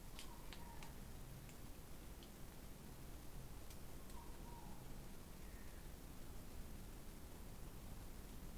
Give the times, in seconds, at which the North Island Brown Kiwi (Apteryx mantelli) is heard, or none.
none